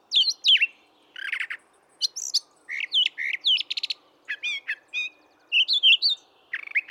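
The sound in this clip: Brown thrasher singing loud, varied phrases: paired slurred whistles, chattering notes and sharp chips.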